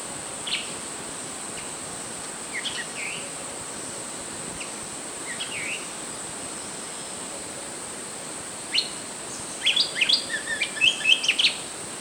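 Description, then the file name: Flycatcher giving a few scattered high chirps early on, then a quick jumble of sharp, twittering notes near the end, over a steady high hiss. "suara burung sikatan"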